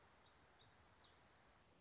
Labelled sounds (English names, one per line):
Black-throated Gray Warbler